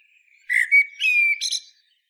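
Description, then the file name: Common blackbird song phrase, a few mellow fluted whistles held near one pitch, finished with a short burst of high, thin twittering. "Turdus merula"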